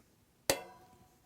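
A freehub body is pushed by hand back onto the rear hub axle of a Bosch Gen2 e-bike's 10-speed hub, where it seats with a single sharp metallic click at 0.5 s. The click has a bright, ringing tail that fades over about half a second against quiet background, and the freehub is confirmed seated.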